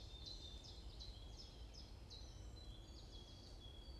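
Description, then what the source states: Bird chirping, a series of short high chirps roughly every third of a second with a faint thin tone beneath, over low rumbling noise. Morning birds chirping around a forest at Bosvoorde, Watermaal-Bosvoorde, Brussels-Capital, Belgium; recorded with an AMBE VR mic.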